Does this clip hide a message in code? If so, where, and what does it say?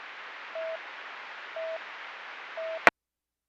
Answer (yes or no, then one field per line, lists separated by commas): no